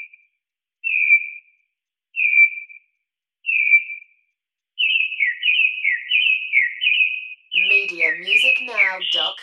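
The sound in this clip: Mockingbird singing a few clear whistled notes with gaps between them, then rapid repeated warbling phrases, ending in a harsher, richer burst of sound.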